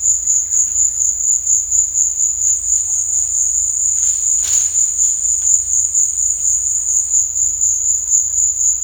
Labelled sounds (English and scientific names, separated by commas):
none